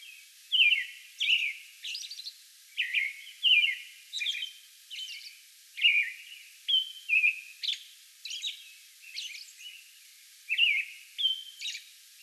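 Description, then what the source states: American robin singing a steady run of warbled, slurred whistled phrases, with occasional thin high squeaks between them. Song bout recorded May 11.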